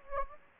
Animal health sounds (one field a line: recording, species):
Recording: mosquito wingbeat signal from an infrared sensor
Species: Anopheles gambiae